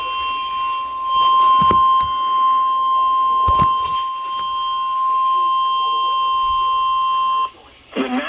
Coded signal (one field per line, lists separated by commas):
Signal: Emergency Alert System (SAME) tones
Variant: 1050 Hz attention tone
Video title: Tornado Watch | EAS #41